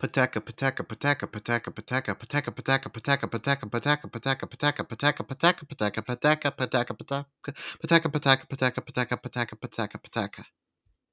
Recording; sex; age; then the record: repeated syllables /pa ta ka/; male; 20 to 29 years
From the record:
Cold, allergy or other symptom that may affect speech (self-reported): no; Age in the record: 27 years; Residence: Georgia, United States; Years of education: 12